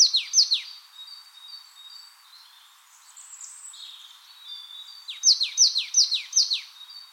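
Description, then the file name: Marsh tit calls: quick runs of high, sharply downslurred notes, loud at the start and again near the end, with softer chatter between. "Poecile palustris"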